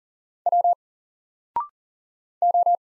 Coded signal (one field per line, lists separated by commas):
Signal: Morse code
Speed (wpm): 39 wpm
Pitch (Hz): 700 Hz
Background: none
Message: W O